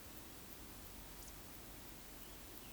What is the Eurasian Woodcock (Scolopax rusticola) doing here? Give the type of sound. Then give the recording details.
whistle. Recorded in Baden-Württemberg, Germany, on 13 June 2021 at 19:51 UTC. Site 23718, 552 m above sea level